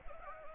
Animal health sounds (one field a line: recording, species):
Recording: mosquito wingbeat signal from an infrared sensor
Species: Anopheles arabiensis